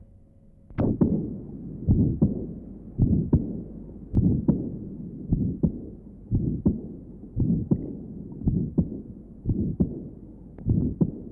Aortic stenosis and aortic insufficiency, recording taken from left sternal edge. Note the ejection systolic murmur and the long early diastolic murmur. His second sound was widely split and fixed.